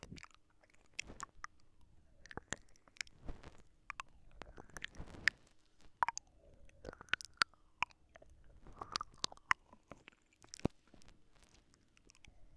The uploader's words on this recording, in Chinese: 温柔慢节奏口腔音，吹吹，略略略（asmr助眠）。